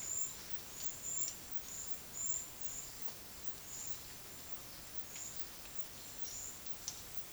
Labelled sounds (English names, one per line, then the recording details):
none
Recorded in secondary vegetation near Puerto Asís, Putumayo, Colombia, on 20 February 2024 at 12:00
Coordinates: 0.472, -76.331
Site G6371